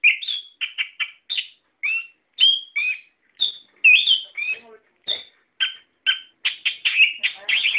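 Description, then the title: Bird chirping, a series of short sharp chirps and slurred whistles, denser near the end. "SuaraBurung Kicau4"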